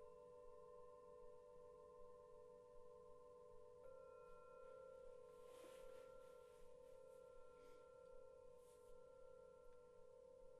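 Singing bowls ring with a steady, sustained hum and a few bright overtones. Just before four seconds a second bowl joins, thickening the tone, and from about five to nine seconds soft shimmering, rustling strokes pass over the drone, which continues unbroken to the end.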